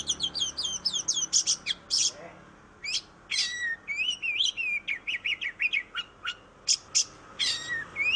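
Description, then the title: Oriental magpie-robin song: rapid varied phrases of high chirps, sweeping whistles and harsh buzzy notes, delivered in quick bursts with short pauses. Master song used for training birds. "KACER MASTER 3"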